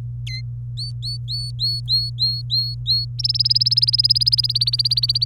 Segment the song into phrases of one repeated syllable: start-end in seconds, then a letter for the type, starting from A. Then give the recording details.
0.27-0.41 A, 0.77-3.05 B, 3.19-5.25 C. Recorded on 24 April 2018 at 12:06. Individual llb3